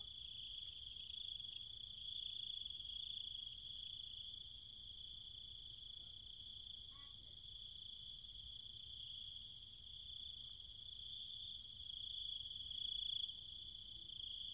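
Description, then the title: Cicadas and other insects keep up a continuous shrill drone and fast pulsed trill; a brief faint chirp cuts through midway. Cicadas and other insects calling at night in trees and fields, Chiang Mai, Thailand. "Cicada countryside, Thailand"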